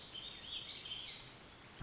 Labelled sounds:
Warbling Vireo
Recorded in Sonoma County, California

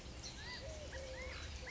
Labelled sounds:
California Quail
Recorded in Sonoma County, California

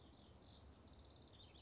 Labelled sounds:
House Wren
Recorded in Sonoma County, California

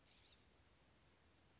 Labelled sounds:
California Scrub-Jay
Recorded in Sonoma County, California

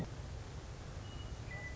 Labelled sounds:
Western Meadowlark
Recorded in Sonoma County, California

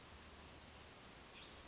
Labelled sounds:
Western Flycatcher
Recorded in Sonoma County, California

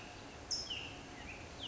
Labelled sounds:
California Towhee
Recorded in Sonoma County, California

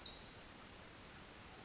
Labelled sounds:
Pacific Wren
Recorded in Sonoma County, California

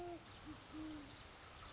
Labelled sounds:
Great Horned Owl
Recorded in Sonoma County, California

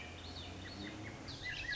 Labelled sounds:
Swainson's Thrush
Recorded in Sonoma County, California

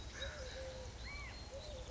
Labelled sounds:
Eurasian Collared Dove
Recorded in Sonoma County, California

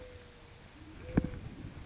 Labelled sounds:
Mourning Dove
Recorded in Sonoma County, California

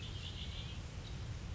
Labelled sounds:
Red-winged Blackbird
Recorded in Sonoma County, California

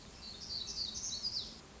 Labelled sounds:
Black-throated Gray Warbler
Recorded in Sonoma County, California

